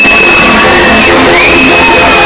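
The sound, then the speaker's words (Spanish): A theatre audience in the Teatro Campo Amor applauding Education Minister Pilar del Castillo as she makes her entrance, a loud, dense wash of clapping that stays steady throughout, with a few shouts and whoops rising over it. “Los aplausos que escuchan son para la ministra de Educación, Pilar del Castillo, que hace su entrada en este momento en el Teatro Campo Amor.”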